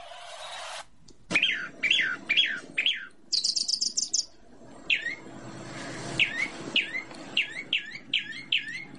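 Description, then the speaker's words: Chalk-browed mockingbird song: varied phrases of sharp, downslurred whistled notes repeated in quick runs, broken by a short run of very high notes. Played in a bird-identification quiz; common bird people are used to hearing but hardly notice; eats a lot of fruit. "es la calandria. Que estamos acostumbrados a tener la calandria y casi no la escuchamos."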